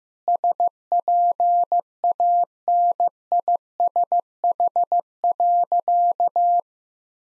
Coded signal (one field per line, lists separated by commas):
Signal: Morse code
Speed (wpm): 15 wpm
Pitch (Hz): 700 Hz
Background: none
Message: SPANISH.